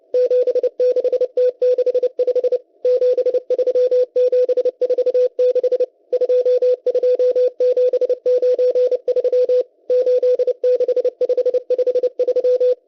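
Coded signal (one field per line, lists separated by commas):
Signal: Morse code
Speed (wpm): 30 wpm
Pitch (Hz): 500 Hz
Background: none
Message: 76T65 73746 22793 86553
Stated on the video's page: Russian M12 number station sending Morse numbers on 11139 kHz, received via KiwiSDR.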